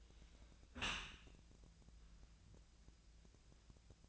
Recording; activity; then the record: daily activity, microphone in the room; close dishwasher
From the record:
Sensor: 2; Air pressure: 1000.4 hPa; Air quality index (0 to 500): 166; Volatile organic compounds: 3 ppm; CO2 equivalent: 1375 ppm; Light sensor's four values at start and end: 11/30/11/13 and 11/30/11/13